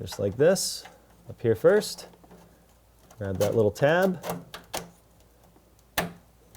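A mesh grease filter is pushed up into the underside of an over-the-range microwave, tab first, while someone talks. A sharp snap at 6.0 seconds marks the filter popping into its slot, and it is seated.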